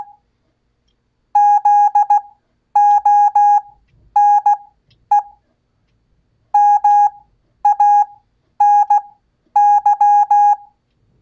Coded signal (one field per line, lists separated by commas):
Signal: Morse code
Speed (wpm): 16 wpm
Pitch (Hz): 820 Hz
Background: none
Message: ZONE MANY